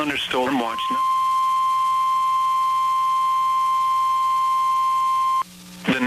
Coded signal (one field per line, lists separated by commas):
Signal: Emergency Alert System (SAME) tones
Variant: 1050 Hz attention tone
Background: speech